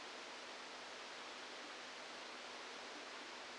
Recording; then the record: brain microelectrode recording played as sound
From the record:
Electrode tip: outside the subthalamic nucleus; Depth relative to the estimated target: -6 mm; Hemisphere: left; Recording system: NeuroSet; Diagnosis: Parkinson's disease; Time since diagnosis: 27 years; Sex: male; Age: 62 years